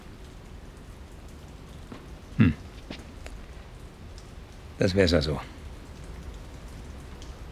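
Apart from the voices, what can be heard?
rain falling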